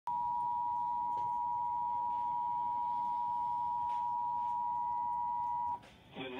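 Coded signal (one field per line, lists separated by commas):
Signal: Emergency Alert System (SAME) tones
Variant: 853 and 960 Hz attention tone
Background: speech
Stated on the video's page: Flash flood warning.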